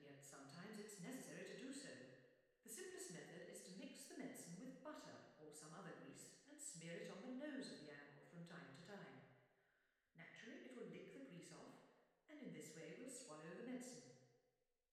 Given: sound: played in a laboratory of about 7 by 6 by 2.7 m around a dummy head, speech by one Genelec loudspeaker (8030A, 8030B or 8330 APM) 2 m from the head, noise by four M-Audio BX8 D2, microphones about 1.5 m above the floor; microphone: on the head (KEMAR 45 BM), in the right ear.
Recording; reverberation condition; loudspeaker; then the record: female speech in English; high; 150 degrees to the right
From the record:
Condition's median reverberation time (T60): about 1300 ms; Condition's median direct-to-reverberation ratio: about -4.0 dB